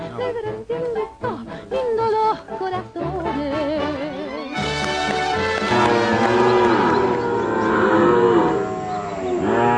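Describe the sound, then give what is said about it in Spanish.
Cattle moo repeatedly in long, wavering, drawn-out calls. Several voices overlap and build into a dense, steady chorus of lowing partway through, with no talking. “Vamos, vaca.”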